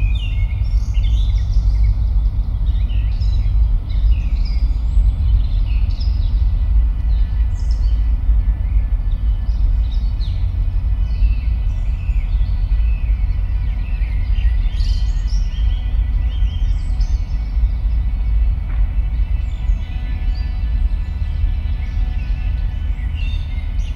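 A forest ambience, dominated by a steady, heavy low rumble that holds level for the whole recording. Short, bright bird chirps and calls come through above it every second or two, with a faint thin tone running underneath.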